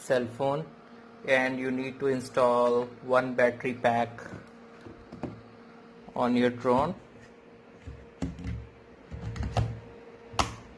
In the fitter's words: once you listen a click sound it means your battery pack is accurately fit